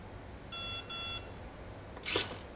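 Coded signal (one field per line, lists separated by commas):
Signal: beep code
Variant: RC brushless ESC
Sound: two quick electronic beeps back to back, then a brief rustling click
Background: small room, handling noise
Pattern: 2 short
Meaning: Selects the medium low-voltage cutoff threshold option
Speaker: i'm going to go for the medium so two for two beeps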